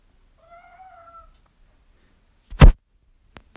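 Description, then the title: Cat meowing: one drawn-out, fairly even meow lasting under a second, followed after a pause by a loud thump and a few sharp clicks. "Cat Talk"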